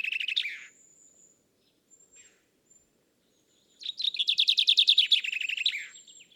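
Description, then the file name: Common chaffinch song: the tail of one phrase, a pause with faint high tones, then a full fast rattling phrase that descends and closes with a flourish. "Fringilla coelebs"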